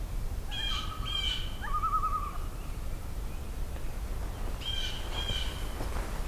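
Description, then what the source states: Common Loon calling in flight: two rough harmonic notes, a level whistled tone, then another fainter pair of notes. Flyover heard inland during a hike; loons vocalize a lot when flying over.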